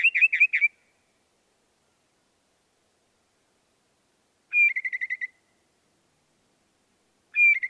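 Northern mockingbird singing a quick burst of rapid notes, then after a long pause a buzzy repeated phrase, which starts again at the very end.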